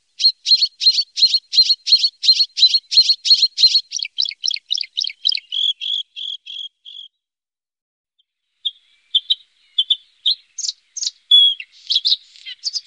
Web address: Faglar Sound Blahake